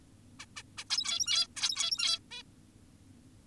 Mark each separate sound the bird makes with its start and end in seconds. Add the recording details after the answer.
0.40-0.46, 0.56-0.63, 0.78-0.84, 0.90-1.47, 1.56-2.19, 2.31-2.43. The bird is an adult. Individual g17y2U